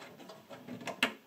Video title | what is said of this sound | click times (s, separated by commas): Bad PC build. Retro beige PC Build with AMD parts lying around (LONG) | It's satisfying when there's a click. | 1.0 s